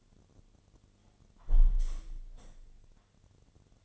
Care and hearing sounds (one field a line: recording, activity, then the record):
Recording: daily activity, microphone in the room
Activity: close window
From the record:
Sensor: 4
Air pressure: 1007.1 hPa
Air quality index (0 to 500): 182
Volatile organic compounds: 5 ppm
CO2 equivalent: 1812 ppm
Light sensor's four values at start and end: 23/73/28/27 and 23/73/28/27